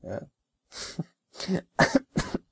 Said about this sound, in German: Nein, das war jetzt wirklich, ich hab wirklich gehustet eben, ja.